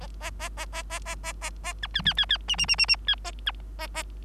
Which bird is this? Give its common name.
Bengalese Finch